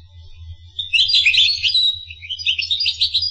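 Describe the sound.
Finch song: a jumbled, high chattering twitter of quick chips and short trills beginning after a soft start, with a low hum underneath.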